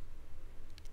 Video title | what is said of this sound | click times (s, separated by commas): Roxon KS2E Elite (Best Pocket EDC Multi-Tool?) | locks in place real solid and it won't fold on you or anything like that | 0.8 s, 0.9 s